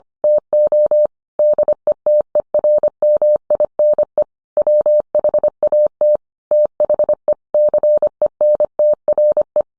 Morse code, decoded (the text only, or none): TO DETERMINE WHAT THE CENTRE